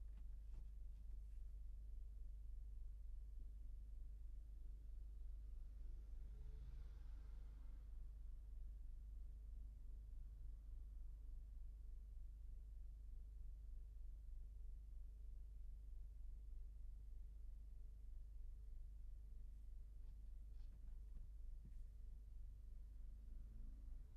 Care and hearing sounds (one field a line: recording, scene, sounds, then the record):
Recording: everyday scene through a hearing-aid microphone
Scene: in a vehicle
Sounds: engine idling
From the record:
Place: Berlingo II, diesel engine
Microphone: behind the ear, left, front